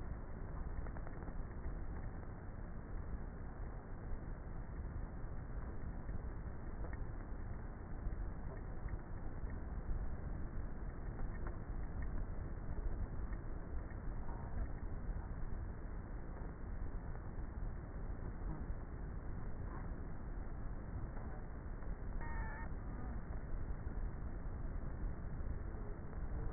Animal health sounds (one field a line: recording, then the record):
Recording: honeybee colony, microphone inside the hive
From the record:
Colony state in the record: queenless with a low population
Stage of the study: before two queens were removed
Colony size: about 30,000 bees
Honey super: no